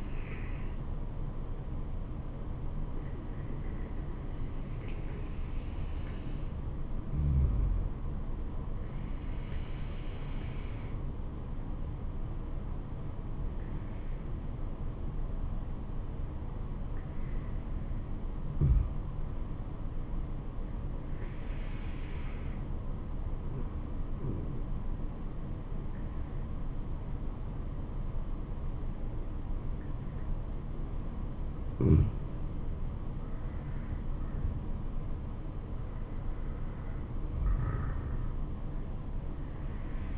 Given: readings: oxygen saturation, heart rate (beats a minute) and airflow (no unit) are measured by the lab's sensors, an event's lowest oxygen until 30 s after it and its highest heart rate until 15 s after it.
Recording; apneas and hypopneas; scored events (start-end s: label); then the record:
breathing in sleep by a smartphone at the bedside; 1
11.00-34.20 s: hypopnea (N2, oxygen 96% highest, then 93% lowest, heart rate 70 at the start, 78 highest)
From the record:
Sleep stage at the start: N2 (light sleep); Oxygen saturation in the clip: 87 to 96%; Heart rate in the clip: 68 to 78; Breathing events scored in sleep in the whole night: 426 in 7.4 hours asleep